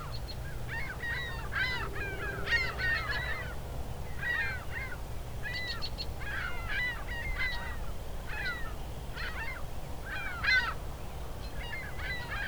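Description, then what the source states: Canada goose: a flock giving repeated nasal honks in bursts, often overlapping, over a low background hum. Geese approaching, getting closer to the recordist.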